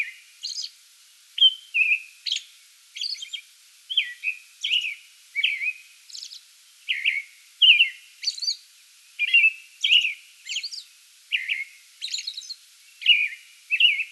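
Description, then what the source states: American robin song, rapid and even: cheerful whistled phrases alternating with high squeaky elements throughout. Pre-dawn song bout recorded 8 May 2022.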